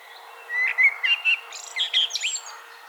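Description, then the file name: Common blackbird singing a short phrase of warbled, flute-like notes that slide upward into a high, squeaky chattering flourish. "Turdus merula"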